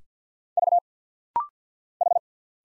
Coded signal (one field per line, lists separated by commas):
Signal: Morse code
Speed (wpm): 51 wpm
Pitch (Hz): 700 Hz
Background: none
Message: V H